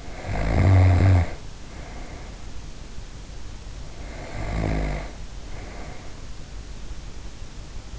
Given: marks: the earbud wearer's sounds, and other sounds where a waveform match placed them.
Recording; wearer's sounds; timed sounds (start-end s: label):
sounds in sleep by an in-ear microphone; snoring breath
0.00-2.62 s: snoring breath
3.91-6.11 s: snoring breath